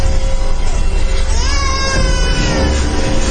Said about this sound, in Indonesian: ada suara... bayi yang menangis. Iya, sangat jelas. Tepat di belakangku. Di jok penumpangku terdengar suara bayi menangis.